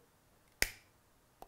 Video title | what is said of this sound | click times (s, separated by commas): Chapter 2 Authorisation Code, Registration and installing the Loop Receiver | to assemble the power plug for the loop receiver you simply raise this leg until you hear the click | 0.6 s